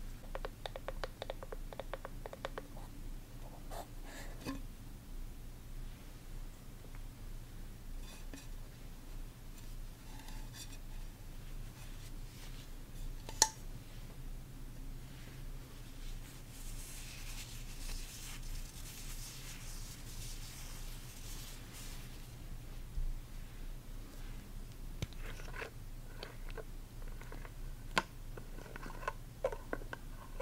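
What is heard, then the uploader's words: Skin care ASMR with soft taps, clicks and small handling sounds scattered throughout, plus a sharp click near 13 seconds. A steady low hum runs underneath the whole time, and a brighter rubbing hiss swells between about 16 and 22 seconds. ASMR Sleep Inducing Skin Care ASMR Lofi (No Talking).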